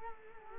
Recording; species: mosquito wingbeat signal from an infrared sensor; Culex quinquefasciatus